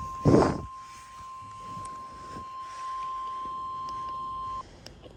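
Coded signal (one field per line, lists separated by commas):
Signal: Emergency Alert System (SAME) tones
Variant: 1050 Hz attention tone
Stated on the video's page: Real Severe Thunderstorm Warning issued by the National Weather Service in Indianapolis for counties in central Indiana.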